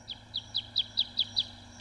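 Red Crossbill giving a run of seven clipped, high kip notes, evenly spaced, over a quiet steady background hum.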